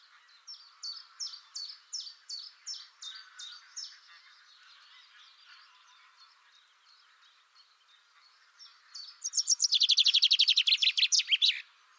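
Bird chirps repeat steadily several times a second and slowly fade, then after a pause a loud, fast, buzzy trill runs for over two seconds.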